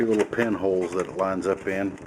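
Someone talks while a plastic fan shroud is handled and lined up on its two pinholes in an Xbox 360 game console chassis. Nothing has seated or clicked yet.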